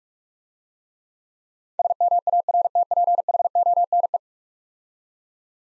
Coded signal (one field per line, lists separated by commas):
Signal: Morse code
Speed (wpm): 46 wpm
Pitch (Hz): 700 Hz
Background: none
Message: SMARTPHONE